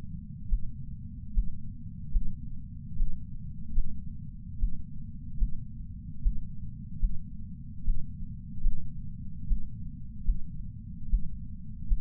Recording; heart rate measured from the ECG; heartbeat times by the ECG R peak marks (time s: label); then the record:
heart sounds by patch sensor on the chest; 74 bpm
0.48 s: heartbeat
1.34 s: heartbeat
2.12 s: heartbeat
2.97 s: heartbeat
3.73 s: heartbeat
4.59 s: heartbeat
5.38 s: heartbeat
6.22 s: heartbeat
7.00 s: heartbeat
7.85 s: heartbeat
8.61 s: heartbeat
9.47 s: heartbeat
10.24 s: heartbeat
11.09 s: heartbeat
11.88 s: heartbeat
From the record:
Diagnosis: coronary artery disease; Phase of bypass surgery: preoperative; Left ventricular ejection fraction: 64%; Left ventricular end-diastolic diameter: 54 mm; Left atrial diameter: 40 mm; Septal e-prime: 6.2 cm/s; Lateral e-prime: 8 cm/s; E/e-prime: 10.7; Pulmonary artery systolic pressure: 24 mmHg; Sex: male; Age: 75 years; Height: 178 cm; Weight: 85 kg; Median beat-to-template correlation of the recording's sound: 0.83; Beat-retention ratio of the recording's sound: 0.94